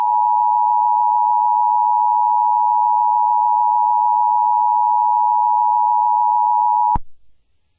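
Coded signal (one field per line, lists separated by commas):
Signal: Emergency Alert System (SAME) tones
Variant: 853 and 960 Hz attention tone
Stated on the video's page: Simulated EAS scenario, a remastered recreation.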